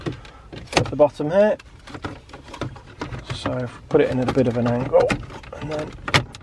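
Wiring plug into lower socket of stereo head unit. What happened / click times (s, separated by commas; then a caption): The plug is being positioned but has not yet seated / none. A wiring plug is being fitted at an angle into the lower socket of a CD30 MP3 stereo head unit from a Vauxhall Astra H while someone talks. Light handling knocks and taps come through, with a sharper knock near the end. The plug has not seated or clicked into place yet.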